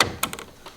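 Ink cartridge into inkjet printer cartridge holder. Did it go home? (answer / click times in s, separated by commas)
yes / 0.0 s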